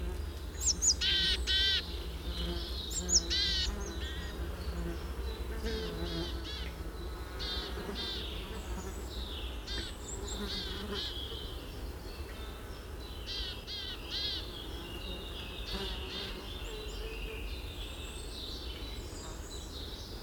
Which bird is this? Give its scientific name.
Poecile palustris